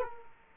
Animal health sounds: mosquito wingbeat signal from an infrared sensor; Culex quinquefasciatus

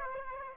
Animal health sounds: mosquito wingbeat signal from an infrared sensor; Aedes aegypti

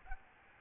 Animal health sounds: mosquito wingbeat signal from an infrared sensor; Aedes albopictus

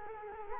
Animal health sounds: mosquito wingbeat signal from an infrared sensor; Culex quinquefasciatus

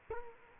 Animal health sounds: mosquito wingbeat signal from an infrared sensor; Culex quinquefasciatus

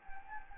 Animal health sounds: mosquito wingbeat signal from an infrared sensor; Anopheles gambiae

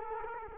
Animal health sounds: mosquito wingbeat signal from an infrared sensor; Culex quinquefasciatus

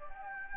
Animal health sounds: mosquito wingbeat signal from an infrared sensor; Anopheles gambiae

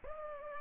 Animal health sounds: mosquito wingbeat signal from an infrared sensor; Culex pipiens

